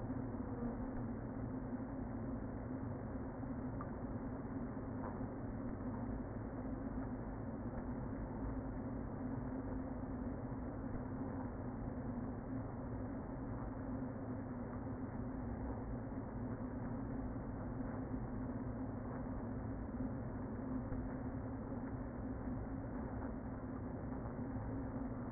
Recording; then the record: honeybee colony, microphone inside the hive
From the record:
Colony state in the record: queen present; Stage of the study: before two queens were removed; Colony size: about 60,000 bees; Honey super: yes